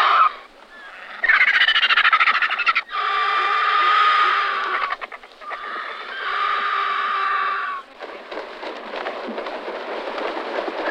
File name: vautour fauve